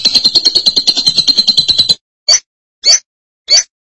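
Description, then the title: Lovebird chatter: a quick buzzy pulsed run, then three separate sharp squeaky chirps spaced about half a second apart. "BM Suara Burung Lovebird"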